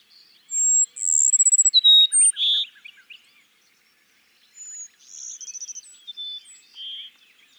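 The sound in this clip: Cassin's sparrow song, twice: a high thin whistle, a rapid buzzy trill, then short lower whistled notes; the second song starts quietly about four seconds after the first.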